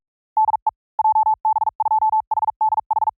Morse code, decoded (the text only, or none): DE JB2HDH